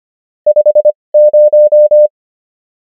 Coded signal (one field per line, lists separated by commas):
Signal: Morse code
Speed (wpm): 25 wpm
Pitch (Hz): 600 Hz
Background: none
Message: 50